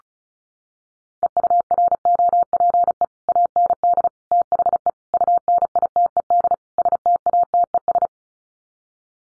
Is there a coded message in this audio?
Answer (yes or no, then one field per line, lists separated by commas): yes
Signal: Morse code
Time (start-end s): 1.2-8.1 s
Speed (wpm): 34 wpm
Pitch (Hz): 700 Hz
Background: none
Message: EUROPE AND THE UNITED STATES